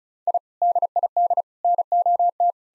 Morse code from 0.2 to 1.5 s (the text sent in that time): I DID